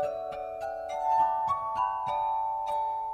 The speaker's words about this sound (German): Er spielt selbst auf einer Glasharmonika, auf 26 mit Wasser unterschiedlich gefüllten Gläsern. Ein Instrument, das heute eher in Varietés zu erleben ist.